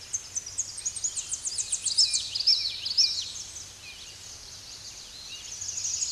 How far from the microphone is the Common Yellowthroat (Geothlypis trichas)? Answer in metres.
about 15 m